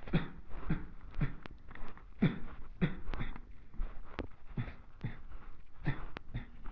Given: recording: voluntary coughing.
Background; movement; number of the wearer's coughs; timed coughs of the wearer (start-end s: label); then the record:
quiet; walking; 10
0.11-0.41 s: cough
0.68-0.88 s: cough
1.20-1.52 s: cough
2.19-2.49 s: cough
2.80-3.14 s: cough
3.17-3.50 s: cough
4.42-4.89 s: cough
4.99-5.21 s: cough
5.85-6.13 s: cough
6.23-6.55 s: cough
From the record:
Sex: male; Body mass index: 23.7 kg/m2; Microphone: on the chest, facing the body